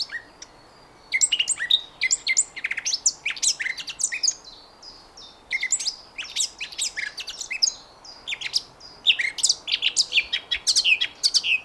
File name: Sylvia atricapilla